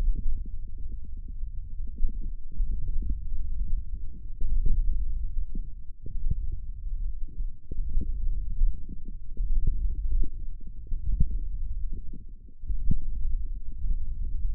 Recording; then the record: forearm muscle sounds (acoustic myography)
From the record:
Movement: hand closing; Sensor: system 1, eight BSWA MPA416 microphones around the upper forearm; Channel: 8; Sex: male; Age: 18 years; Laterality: right